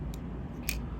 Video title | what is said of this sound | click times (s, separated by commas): Ultimate Impact! Xiphoid Xcalibur. Xn. Sw’-1 B-200 - Beyblade BU Review | sword dash one and like i said after two clicks | 0.1 s, 0.7 s